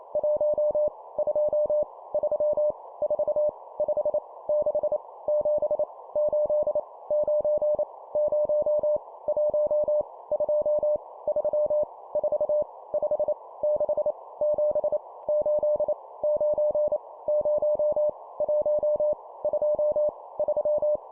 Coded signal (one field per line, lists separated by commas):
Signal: Morse code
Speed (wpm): 28 wpm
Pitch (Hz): 600 Hz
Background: none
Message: 1 2 3 4 5 6 7 8 9 0 1 2 3 4 5 6 7 8 9 0 1 2 3